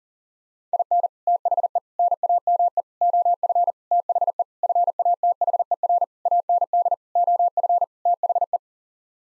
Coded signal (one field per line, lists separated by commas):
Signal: Morse code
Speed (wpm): 37 wpm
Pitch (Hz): 700 Hz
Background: none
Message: IN THE NAME OF THE FATHER AND OF THE